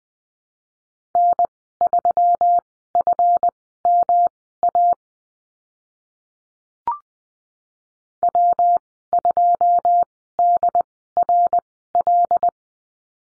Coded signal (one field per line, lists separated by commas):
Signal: Morse code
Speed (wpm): 20 wpm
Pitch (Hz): 700 Hz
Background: none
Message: N3FMA W2DRL